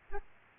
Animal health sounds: mosquito wingbeat signal from an infrared sensor; Aedes albopictus

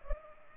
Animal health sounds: mosquito wingbeat signal from an infrared sensor; Culex pipiens

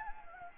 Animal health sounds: mosquito wingbeat signal from an infrared sensor; Anopheles gambiae

